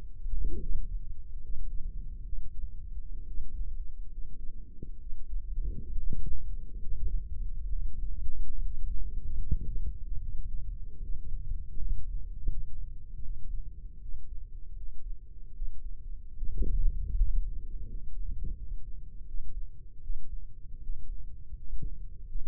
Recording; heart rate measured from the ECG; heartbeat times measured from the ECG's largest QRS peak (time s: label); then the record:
heart sounds by microphone in the left ear; 75 bpm
0.62 s: heartbeat
1.42 s: heartbeat
2.25 s: heartbeat
3.27 s: heartbeat
4.10 s: heartbeat
4.98 s: heartbeat
5.97 s: heartbeat
6.80 s: heartbeat
7.72 s: heartbeat
8.61 s: heartbeat
9.38 s: heartbeat
10.20 s: heartbeat
11.01 s: heartbeat
11.76 s: heartbeat
12.49 s: heartbeat
13.22 s: heartbeat
14.01 s: heartbeat
14.75 s: heartbeat
15.54 s: heartbeat
16.35 s: heartbeat
17.16 s: heartbeat
17.88 s: heartbeat
18.56 s: heartbeat
19.26 s: heartbeat
20.01 s: heartbeat
20.81 s: heartbeat
21.54 s: heartbeat
22.27 s: heartbeat
From the record:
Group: healthy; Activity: rest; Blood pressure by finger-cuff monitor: 104/64 mmHg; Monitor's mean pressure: 75 mmHg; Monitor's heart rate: 76 bpm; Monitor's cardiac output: 5.4 L/min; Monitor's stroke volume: 70 mL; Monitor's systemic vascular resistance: 960 dyn s/cm5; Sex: male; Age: 22 years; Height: 181 cm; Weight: 60 kg